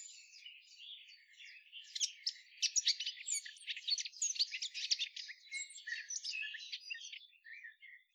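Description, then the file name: Eurasian blackcap song: a fast, scratchy warbling jumble of high notes lasting several seconds, trailing off at the end. "Sylvia atricapilla"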